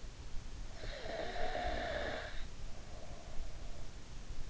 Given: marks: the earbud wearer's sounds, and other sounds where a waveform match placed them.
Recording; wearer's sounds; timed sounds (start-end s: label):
sounds in sleep by an in-ear microphone; breath
0.70-3.87 s: breath